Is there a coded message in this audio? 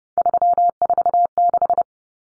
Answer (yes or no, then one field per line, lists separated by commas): yes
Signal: Morse code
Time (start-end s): 0.2-1.8 s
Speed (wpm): 30 wpm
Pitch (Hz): 700 Hz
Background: none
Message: 346